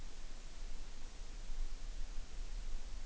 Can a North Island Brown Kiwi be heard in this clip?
no